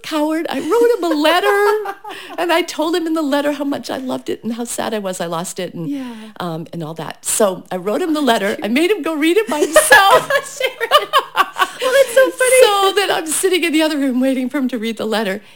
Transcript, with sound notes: I wrote him a letter and I told him in the letter how much I loved it and how sad I was I lost it. And all that. So, I wrote him the letter. I made him go read it by himself.
(Laughing) Oh, Sharon that’s so funny.
So then I’m sitting in the other room, waiting for him to read the letter.